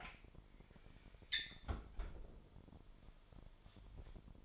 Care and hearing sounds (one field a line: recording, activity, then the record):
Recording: daily activity, microphone in the room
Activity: close fridge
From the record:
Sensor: 5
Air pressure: 1002.0 hPa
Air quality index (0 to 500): 223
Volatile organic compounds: 28 ppm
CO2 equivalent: 2905 ppm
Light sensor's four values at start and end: 10/24/10/11 and 9/22/9/10